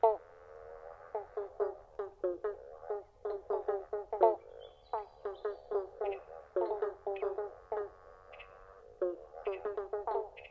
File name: Pobblebonk Frogs Chorus